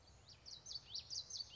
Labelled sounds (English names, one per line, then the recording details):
Common Yellowthroat
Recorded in Sonoma County, California